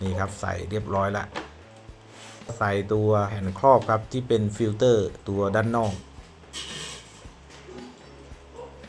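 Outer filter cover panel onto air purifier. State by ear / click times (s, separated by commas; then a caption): not seated / none. Someone talks while fitting the plastic outer filter cover panel onto a Sharp air purifier, followed by a few seconds of quieter handling as the cover is lined up before being pressed home. Nothing has seated or clicked yet.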